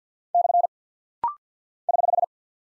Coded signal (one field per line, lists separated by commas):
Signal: Morse code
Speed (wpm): 48 wpm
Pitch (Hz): 700 Hz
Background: none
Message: / <HH>